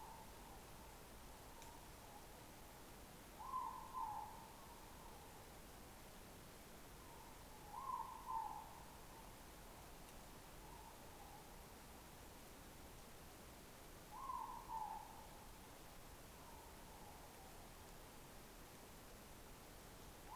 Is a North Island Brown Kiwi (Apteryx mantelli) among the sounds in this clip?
no